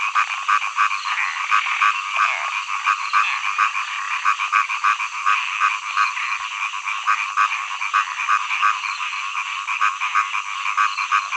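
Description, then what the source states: Frog chorus of repeated grating croaks, about three a second, with other frogs calling underneath in a continuous hum. Frogs singing in early summer.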